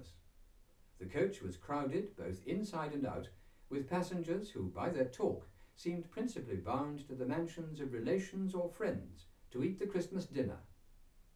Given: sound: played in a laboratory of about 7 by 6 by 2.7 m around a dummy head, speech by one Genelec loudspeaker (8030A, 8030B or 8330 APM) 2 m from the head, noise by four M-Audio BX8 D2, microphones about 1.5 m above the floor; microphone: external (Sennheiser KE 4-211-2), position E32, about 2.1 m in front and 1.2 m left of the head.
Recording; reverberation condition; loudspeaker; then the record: male speech in English; low; 150 degrees to the left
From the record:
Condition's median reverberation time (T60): about 310 ms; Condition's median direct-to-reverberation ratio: about 3.5 dB